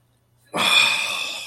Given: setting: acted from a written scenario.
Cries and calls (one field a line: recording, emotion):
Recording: vocal sound without words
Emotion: disappointment